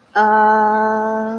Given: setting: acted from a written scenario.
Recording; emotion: vocal sound without words; confusion